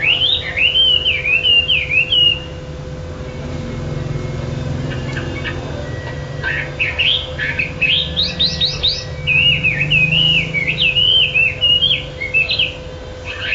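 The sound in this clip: Chinese hwamei gives wavering whistled phrases, a quieter pause with a few faint notes, then sharp rising notes and more looping whistles; low hum behind.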